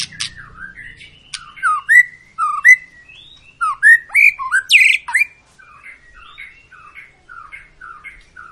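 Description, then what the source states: White-rumped shama song, varied rising and falling whistles with a harsh rasping burst midway, then quieter repeated notes. Long lure recording (pancingan) of a persistently singing (gacor) white-rumped shama, used to prompt other birds to sing.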